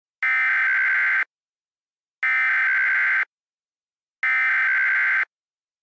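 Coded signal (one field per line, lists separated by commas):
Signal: Emergency Alert System (SAME) tones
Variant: header bursts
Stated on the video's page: Mock EAS alert, a simulated scenario, not a real activation.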